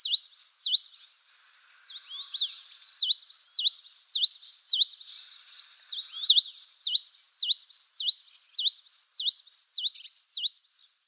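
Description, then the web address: Azure tit song: rapid series of high, sharply slurred notes in bursts, with softer, lower notes between bursts; no other sounds. "Schulze Peter Azure Tit song"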